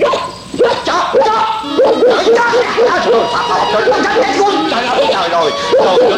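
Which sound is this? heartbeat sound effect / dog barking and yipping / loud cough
dog barking and yipping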